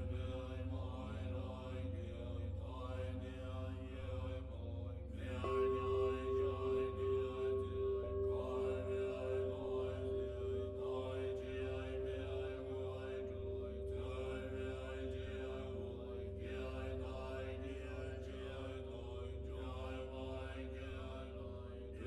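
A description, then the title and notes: Low, steady Buddhist chanting forms a dense drone throughout, layered with sustained ringing tones. Around five seconds in, a clear singing bell note swells and hums with a slow wavering pulse for several seconds before fading back into the continuous chant. Meditation on Reality - with Buddhist Chants and Singing Bells.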